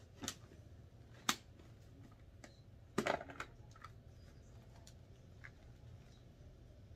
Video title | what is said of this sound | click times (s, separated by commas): If You are Buying a Modular Helmet, WATCH THIS! | there is a click when it closes and that click is a much firmer louder feeling and sound so I didn't have to double check if it was locked into place | 1.3 s